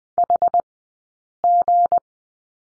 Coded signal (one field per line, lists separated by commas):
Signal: Morse code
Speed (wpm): 20 wpm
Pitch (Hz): 700 Hz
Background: none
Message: HG